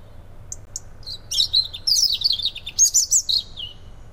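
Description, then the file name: European robin song: a few high thin notes, then a rapid, varied phrase of sweet, high-pitched warbled trills and squeaky notes running for over two seconds. "Erithacus rubecula"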